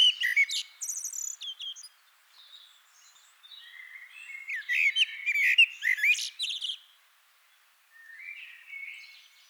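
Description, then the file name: Eurasian blackbird delivering rapid high twittering notes, then a longer run of warbled and squeaky phrases, ending with a softer fluty passage. "Turdus merula"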